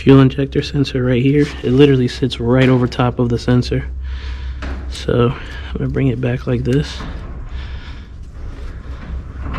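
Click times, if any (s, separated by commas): none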